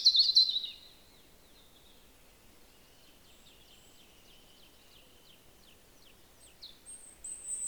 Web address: SETE data Erithacus rubecula